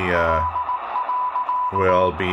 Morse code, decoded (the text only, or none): L.